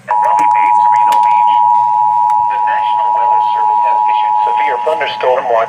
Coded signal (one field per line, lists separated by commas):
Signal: Emergency Alert System (SAME) tones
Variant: 853 and 960 Hz attention tone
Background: speech